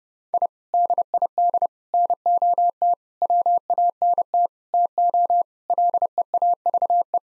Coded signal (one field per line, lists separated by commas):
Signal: Morse code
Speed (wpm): 30 wpm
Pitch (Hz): 700 Hz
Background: none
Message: I DID NOT WANT TO LEAVE